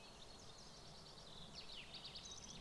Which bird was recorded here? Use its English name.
Common Chaffinch